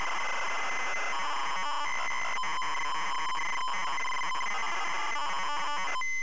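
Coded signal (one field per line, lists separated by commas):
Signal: ZX Spectrum tape loading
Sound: harsh buzzing data screech with harmonic bands and short breaks, no clear lead tone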